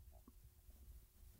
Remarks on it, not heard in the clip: My stomach is gurgling like crazy right now because I haven't eaten yet. I've just had coffee. My stomach's actually really hurting right now. Yeah, it gurgled.